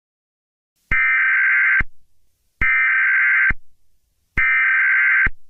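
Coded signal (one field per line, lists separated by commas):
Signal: Emergency Alert System (SAME) tones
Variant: header bursts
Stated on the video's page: Fictional EAS scenario based on a Jurassic Park novel, horror-themed.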